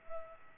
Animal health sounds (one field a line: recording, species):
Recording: mosquito wingbeat signal from an infrared sensor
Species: Culex pipiens